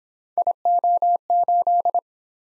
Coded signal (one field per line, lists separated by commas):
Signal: Morse code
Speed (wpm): 28 wpm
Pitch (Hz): 700 Hz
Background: none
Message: IO8